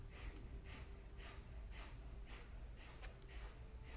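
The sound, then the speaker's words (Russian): A steady series of about seven or eight sharp, forceful exhalations through the nose in kapalabhati yoga breathing, evenly paced roughly twice per second, each a short breathy puff over a faint low background hum, with no talking. “И в какой-то момент вы почувствуете, что вы действительно можете очень-очень долго дышать вот такой капалабхати.”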